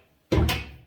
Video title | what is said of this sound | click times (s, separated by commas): Fox body mustang door install and alignment!! better than OEM!!! | you hear it click it latched in place | 0.5 s